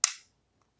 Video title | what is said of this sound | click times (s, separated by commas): How to Mount a MantisX Gen 2 Sensor to a Rail (X2, X3, X7, X8, X10) | move it on and then allow the lever to snap into place once the plunger reaches the cross slot | 0.0 s